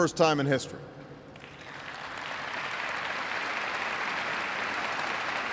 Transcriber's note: applause